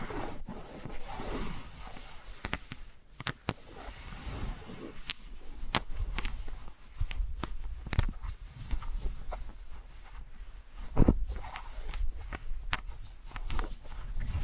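Wooden balls knock and clack together in irregular bursts, with sharp bright clicks scattered every second or so and a few louder hits near 3, 5, 11 and 13 seconds. Between the hits there are low rolling rumbles and soft rustling.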